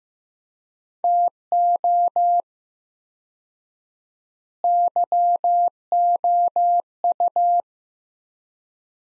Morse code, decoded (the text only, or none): TO YOU